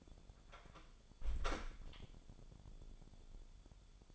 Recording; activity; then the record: daily activity, microphone in the room; close door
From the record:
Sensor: 5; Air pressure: 1015.3 hPa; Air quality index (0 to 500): 222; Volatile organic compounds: 13 ppm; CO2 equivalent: 2409 ppm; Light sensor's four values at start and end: 35/80/32/31 and 35/80/32/31